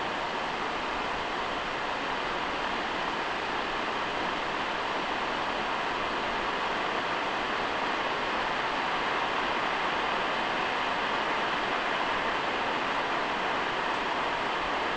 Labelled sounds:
none
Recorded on Arctic tundra, site NAIT-1, on 29 June 2018
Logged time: 01:00

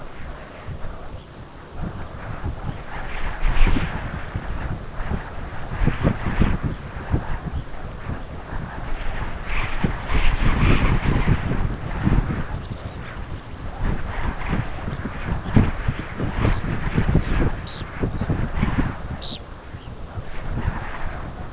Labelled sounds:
Red Phalarope
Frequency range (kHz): Red Phalarope 2.2-6.0 kHz
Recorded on Arctic tundra, site UTQI-5, on 12 June 2019
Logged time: 08:00

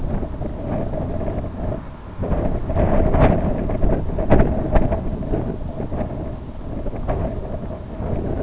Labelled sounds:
none
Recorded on Arctic tundra, site IGLO-B, on 24 June 2018
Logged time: 01:59

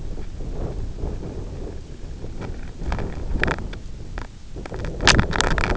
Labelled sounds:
none
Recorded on Arctic tundra, site IGLO-F, on 24 June 2018
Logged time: 18:00

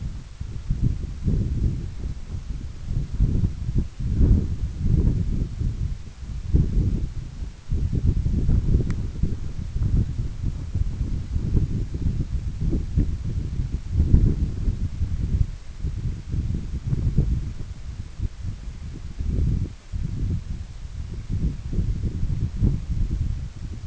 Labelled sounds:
none
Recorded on Arctic tundra, site EABA-1, on 21 June 2018
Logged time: 02:00

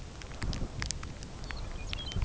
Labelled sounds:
Lapland Longspur
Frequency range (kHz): Lapland Longspur 1.8-5.8 kHz
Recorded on Arctic tundra, site UTQI-5, on 13 June 2019
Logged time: 18:00

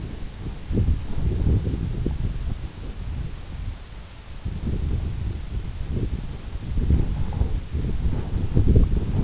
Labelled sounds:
none
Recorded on Arctic tundra, site EABA-1, on 26 June 2018
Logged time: 00:00

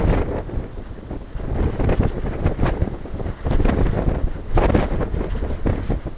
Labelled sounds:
none
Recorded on Arctic tundra, site NAIT-1, on 20 June 2018
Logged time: 23:00

